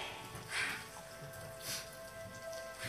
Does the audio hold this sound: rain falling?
yes